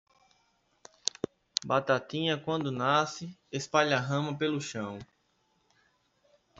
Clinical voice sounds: short text; Brazilian Portuguese; male; 30 to 39 years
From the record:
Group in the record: control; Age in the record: 35 years

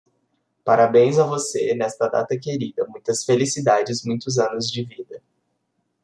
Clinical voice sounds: short text; Brazilian Portuguese; male; 20 to 29 years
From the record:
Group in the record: control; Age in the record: 24 years

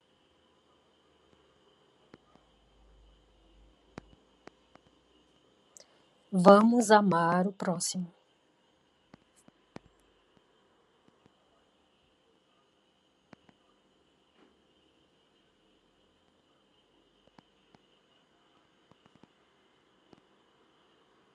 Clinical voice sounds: spoken sentence; Brazilian Portuguese; female; 50 to 59 years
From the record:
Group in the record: control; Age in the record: 52 years

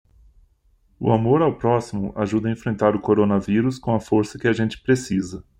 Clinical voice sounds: spoken sentence; Brazilian Portuguese; male; 40 to 49 years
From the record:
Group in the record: control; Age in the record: 43 years

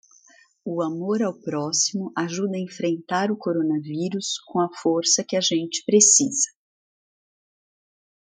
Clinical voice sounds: spoken sentence; Brazilian Portuguese; female; 50 to 59 years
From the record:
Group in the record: control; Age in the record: 57 years

